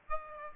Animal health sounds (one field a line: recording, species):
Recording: mosquito wingbeat signal from an infrared sensor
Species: Aedes aegypti